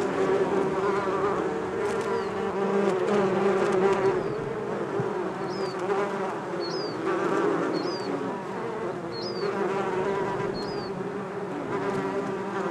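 Bees humming in a thick, continuous drone, with short high chirps repeated through the second half.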